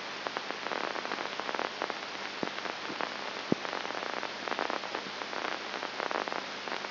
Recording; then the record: brain microelectrode recording played as sound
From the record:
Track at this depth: inside the subthalamic nucleus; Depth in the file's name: 0.906 mm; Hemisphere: left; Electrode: 2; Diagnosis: Parkinson's disease